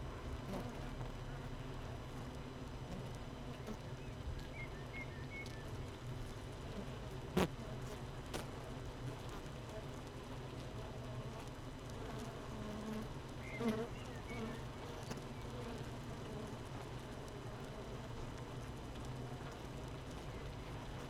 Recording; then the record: honeybee colony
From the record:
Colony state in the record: missing queen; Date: 31 May 2018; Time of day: 7:28